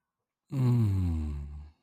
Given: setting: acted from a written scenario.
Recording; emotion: vocal sound without words; romantic love